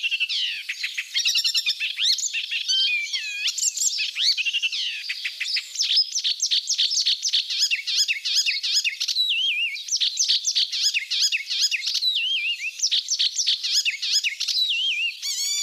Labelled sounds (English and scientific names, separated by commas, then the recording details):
Icterine Warbler (Hippolais icterina) song
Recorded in the wild
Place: Flögelner See, Schleswig-Holstein, DE
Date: 1987-05-24
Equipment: Alparon-Reflektor
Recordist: Schwarz, Dieter